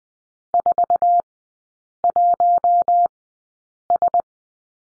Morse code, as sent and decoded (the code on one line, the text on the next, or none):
....- .---- ...
41S